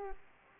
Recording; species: mosquito wingbeat signal from an infrared sensor; Aedes aegypti